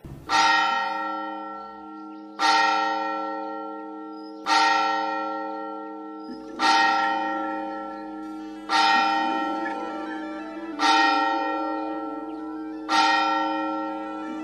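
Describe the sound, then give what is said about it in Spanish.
A cathedral bell tolls seven times, striking seven o'clock, slow and evenly spaced about two seconds apart, each loud, deep metallic stroke ringing out and fading into the next, with no voices. “La guamba da siete campanadas.”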